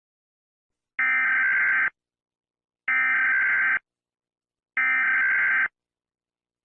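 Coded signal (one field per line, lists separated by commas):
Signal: Emergency Alert System (SAME) tones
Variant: header bursts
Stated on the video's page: Fictional EAS scenario.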